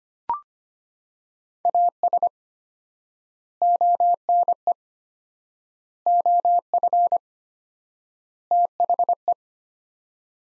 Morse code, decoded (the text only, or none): AS ONE OF THE